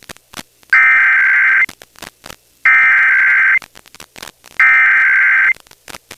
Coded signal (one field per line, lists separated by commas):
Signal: Emergency Alert System (SAME) tones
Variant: header bursts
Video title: Pennsylvania Required Monthly Tests (5/19/22)(EAS 1169-1179)